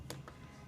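A compact U by Kotex Click tampon's telescoping plastic applicator is pulled out to full length, and its inner tube locks into the outer barrel with a sharp click at 0.1 s. A fainter second tick follows at 0.3 s over a low background hum. The applicator is seated in its extended position.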